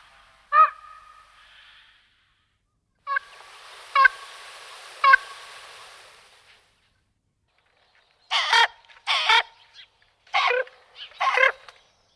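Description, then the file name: Common raven calling: a few short resonant croaks spread over several seconds, then a burst of harsher, rasping caws in quick succession. "Ворон"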